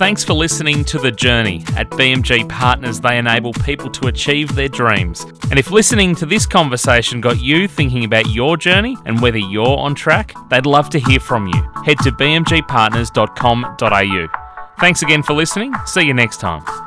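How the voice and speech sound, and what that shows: An adult man speaks fluently and clearly at an ordinary pace, with normal voice and articulation; typical speech.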